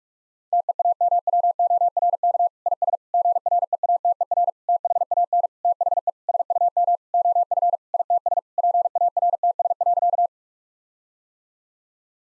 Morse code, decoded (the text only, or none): TEAMWORK IS GREATER THAN THE SUM OF ITS PARTS.